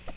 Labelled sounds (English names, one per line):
Yellow-rumped Warbler flight call